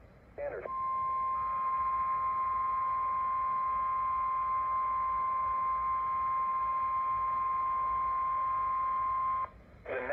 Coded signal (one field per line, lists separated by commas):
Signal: Emergency Alert System (SAME) tones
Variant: 1050 Hz attention tone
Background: speech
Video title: [EAS #3-#17] How to start 2024.....